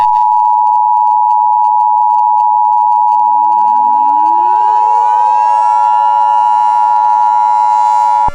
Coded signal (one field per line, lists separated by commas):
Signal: Emergency Alert System (SAME) tones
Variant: 853 and 960 Hz attention tone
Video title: ANOTHER INVASION - EAS SCENARIO #13